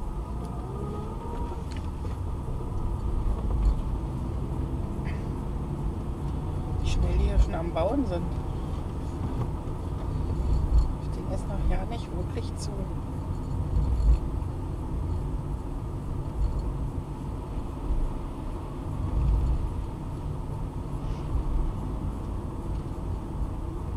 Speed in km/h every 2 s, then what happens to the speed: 13, 14, 15, 14, 14, 13, 12, 11, 12, 23, 29, 30.
0-15 steady at about 13. 15-24 speeds up to 30.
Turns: none.